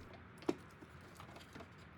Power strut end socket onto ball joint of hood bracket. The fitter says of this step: it should just snap into place